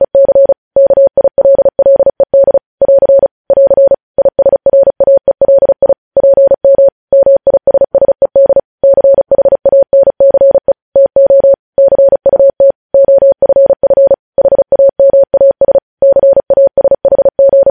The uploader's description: Morse code transcription